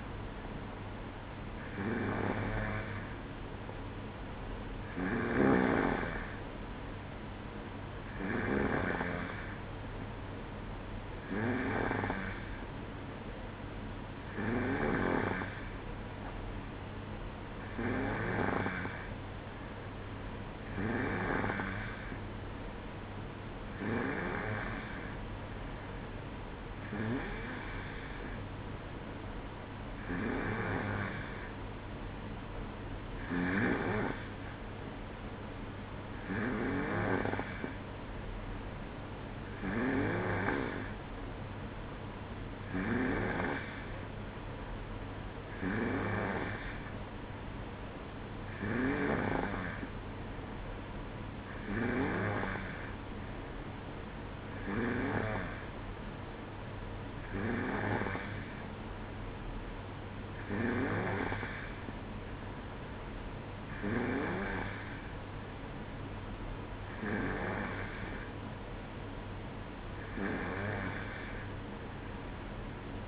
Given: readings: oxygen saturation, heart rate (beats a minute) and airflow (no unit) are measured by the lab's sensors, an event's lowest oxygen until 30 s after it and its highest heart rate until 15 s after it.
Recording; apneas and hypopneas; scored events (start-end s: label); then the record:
breathing in sleep by a voice recorder at the bedside; none
none scored
From the record:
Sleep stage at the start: N2 (light sleep); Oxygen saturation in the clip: 91 to 92%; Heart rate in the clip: 61 to 66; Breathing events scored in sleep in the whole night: 305 in 9.6 hours asleep